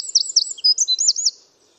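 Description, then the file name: Eurasian wren song fragment, a few high, sweeping notes in quick succession, then silence. "Troglodytes troglodytes"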